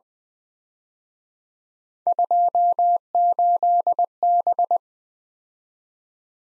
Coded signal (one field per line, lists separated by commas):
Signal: Morse code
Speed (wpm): 21 wpm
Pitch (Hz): 700 Hz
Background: none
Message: 28B